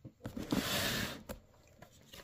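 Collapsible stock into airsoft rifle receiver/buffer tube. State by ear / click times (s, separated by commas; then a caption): not seated / none. The collapsible stock of an ASG Dragunov SVD-S bolt-action airsoft sniper rifle is handled and pushed along the receiver/buffer tube, giving a broad rubbing, sliding hiss from about 0.3 to 1.2 s with soft taps, then quieter handling knocks near 1.3, 1.8 and 2.1 s. Nothing has seated or clicked yet; the clip ends before the stock locks into place.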